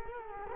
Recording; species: mosquito wingbeat signal from an infrared sensor; Culex quinquefasciatus